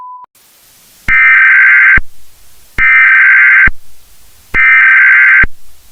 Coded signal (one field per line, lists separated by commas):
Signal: Emergency Alert System (SAME) tones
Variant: header bursts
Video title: Infected: A Zombie EAS Scenario